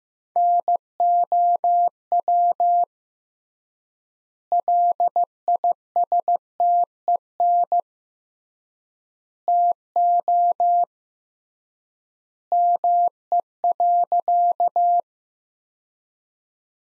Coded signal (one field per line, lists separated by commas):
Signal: Morse code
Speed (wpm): 15 wpm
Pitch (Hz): 700 Hz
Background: none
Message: NOW LISTEN TO ME.